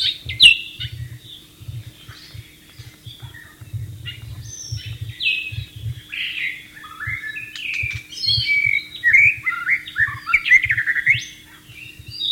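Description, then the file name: White-rumped shama song, scattered whistles at first, then a long lively burst of varied warbling and fluted notes, faint low thumps in the background. Wild bird, recorded in its natural setting. "suara burung murai batu di alam liar"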